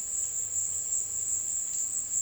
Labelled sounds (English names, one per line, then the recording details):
none
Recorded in secondary vegetation near Puerto Asís, Putumayo, Colombia, on 21 February 2024 at 15:30
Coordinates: 0.472, -76.331
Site G6371